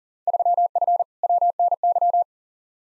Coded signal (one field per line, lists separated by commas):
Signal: Morse code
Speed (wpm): 40 wpm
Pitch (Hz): 700 Hz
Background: none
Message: 3F WNY